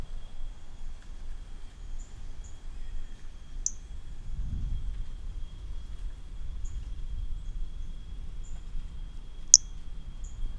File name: Brachycephalus mirissimus 18 jan 18 individual 12 ex 03 20-40 cm first note missing M R Bornschein